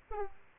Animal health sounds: mosquito wingbeat signal from an infrared sensor; Aedes aegypti

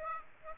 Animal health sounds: mosquito wingbeat signal from an infrared sensor; Aedes aegypti

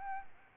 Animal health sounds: mosquito wingbeat signal from an infrared sensor; Aedes albopictus

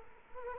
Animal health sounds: mosquito wingbeat signal from an infrared sensor; Culex quinquefasciatus

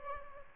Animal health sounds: mosquito wingbeat signal from an infrared sensor; Aedes albopictus

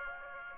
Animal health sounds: mosquito wingbeat signal from an infrared sensor; Aedes aegypti

